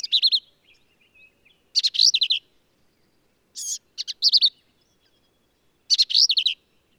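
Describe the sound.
Black-capped vireo song: four brief harsh, warbled phrases, one with a thin whistled note, each separated by about a second of quiet.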